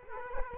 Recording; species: mosquito wingbeat signal from an infrared sensor; Culex quinquefasciatus